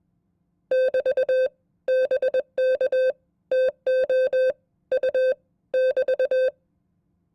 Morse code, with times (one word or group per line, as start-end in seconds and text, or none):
0.7-1.5 <BT>
1.9-3.1 BK
3.5-4.5 TO
4.9-5.3 U
5.7-6.5 <BT>